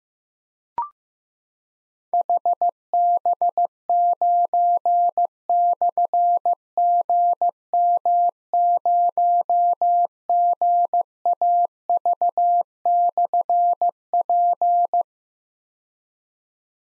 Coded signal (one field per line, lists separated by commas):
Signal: Morse code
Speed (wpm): 15 wpm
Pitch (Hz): 700 Hz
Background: none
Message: HB9/GM0GAV/P